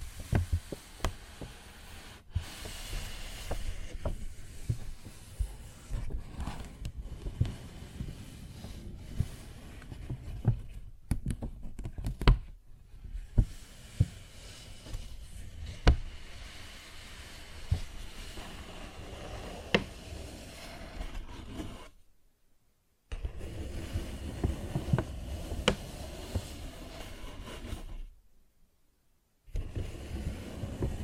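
Paper bag being tapped and scratched, a dense run of crinkly rustles with frequent sharp taps scattered throughout. The sound is busy and uneven, fuller in the low end, and it stops briefly near 22 seconds and again around 28 seconds before resuming.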